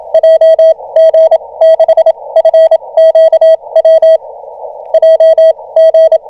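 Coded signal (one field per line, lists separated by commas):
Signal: Morse code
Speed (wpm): 26 wpm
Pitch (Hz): 690 Hz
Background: radio noise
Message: JG6FQW JG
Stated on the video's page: SOTA/POTA summit and park activation, FTX-1F at 10W, RHM12 antenna, 40m and 2m, BaMaKeY TP-III paddle.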